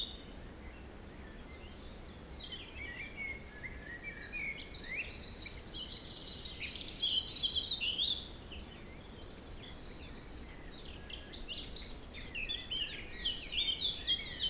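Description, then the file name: Birds sing sparse high chirps that build to a loud burst of trills and ringing whistles midway, then ease off into scattered twitters. Forest in spring; windy, force 3 Beaufort; recorded at 1 pm. "Forest Spring Birds Windy 3 bft 1 pm"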